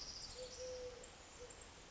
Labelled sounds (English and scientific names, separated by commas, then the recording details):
Eurasian Collared Dove (Streptopelia decaocto)
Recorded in Sonoma County, California